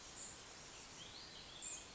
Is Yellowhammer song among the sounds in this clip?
no